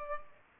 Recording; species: mosquito wingbeat signal from an infrared sensor; Culex pipiens